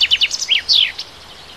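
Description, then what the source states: Bird song fragment, a few quick high chirps followed by a brief slurred flourish and a downward-sweeping note. Native bird, March.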